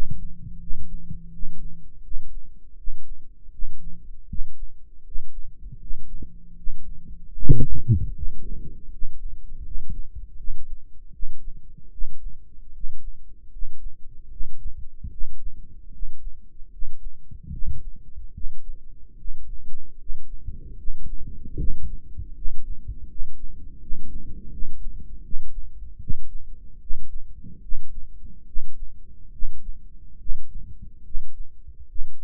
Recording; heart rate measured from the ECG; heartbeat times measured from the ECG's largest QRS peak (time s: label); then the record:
heart sounds by microphone in the right ear; 77 bpm
0.59 s: heartbeat
1.31 s: heartbeat
2.02 s: heartbeat
2.76 s: heartbeat
3.51 s: heartbeat
4.27 s: heartbeat
5.03 s: heartbeat
5.78 s: heartbeat
6.55 s: heartbeat
7.34 s: heartbeat
8.13 s: heartbeat
8.89 s: heartbeat
9.62 s: heartbeat
10.36 s: heartbeat
11.11 s: heartbeat
11.90 s: heartbeat
12.72 s: heartbeat
13.50 s: heartbeat
14.29 s: heartbeat
15.10 s: heartbeat
15.91 s: heartbeat
16.70 s: heartbeat
17.50 s: heartbeat
18.32 s: heartbeat
19.16 s: heartbeat
19.97 s: heartbeat
20.76 s: heartbeat
21.56 s: heartbeat
22.33 s: heartbeat
23.07 s: heartbeat
23.78 s: heartbeat
24.49 s: heartbeat
25.21 s: heartbeat
25.98 s: heartbeat
26.78 s: heartbeat
27.60 s: heartbeat
28.45 s: heartbeat
29.31 s: heartbeat
30.18 s: heartbeat
31.03 s: heartbeat
31.86 s: heartbeat
From the record:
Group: healthy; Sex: male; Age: 35 years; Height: 180 cm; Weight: 86.9 kg